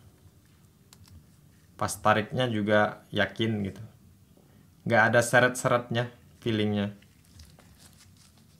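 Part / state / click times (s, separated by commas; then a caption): USB-C cable plug into tablet charging port / seated / 7.4 s. A USB-C cable plug is pushed back into a tablet's charging port while someone talks. A soft click is heard at 7.4 s, quieter than the first insertion, and the plug seats in the port.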